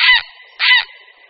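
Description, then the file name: Grey heron harsh calls: two loud, rasping squawks about half a second apart, each cut off abruptly, with a faint fading tone after. "Volavka-popelavá"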